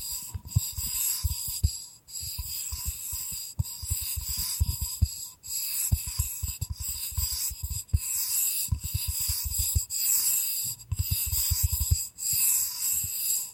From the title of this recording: Bamboo Tapping, Scratching and Brushing Sounds